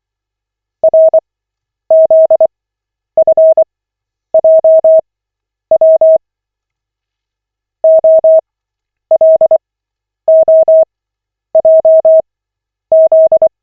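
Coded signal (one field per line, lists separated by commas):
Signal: Morse code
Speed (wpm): 24 wpm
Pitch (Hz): 640 Hz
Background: none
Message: RZFJW OLOJZ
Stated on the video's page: Koch method Morse practice session, lesson 18 of 40, generated by the LCWO website.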